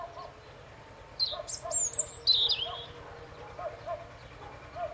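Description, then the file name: European robin song: a brief run of high, varied, thin whistles and trills midway. "Erithacus rubecula"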